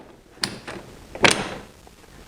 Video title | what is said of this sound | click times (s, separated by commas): Ego Power+ Mower - Unboxing! - Your Next Lawnmower? Battery Powered! (4K) | i heard the click and if you pull on the battery like that it doesn't come out | 1.3 s